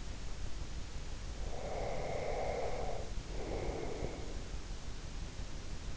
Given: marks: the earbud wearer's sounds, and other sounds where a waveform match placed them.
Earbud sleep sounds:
sounds in sleep by an in-ear microphone; breath
1.49-4.55 s: breath

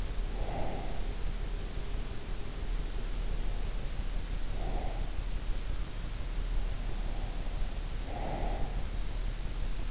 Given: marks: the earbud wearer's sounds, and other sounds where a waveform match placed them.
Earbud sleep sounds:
sounds in sleep by an in-ear microphone; breath
0.00-1.47 s: breath
4.10-5.51 s: breath
7.69-9.10 s: breath

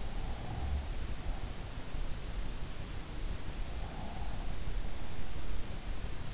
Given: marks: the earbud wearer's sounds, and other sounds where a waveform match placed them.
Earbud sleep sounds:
sounds in sleep by an in-ear microphone; breath
0.38-0.99 s: breath
3.76-4.41 s: breath

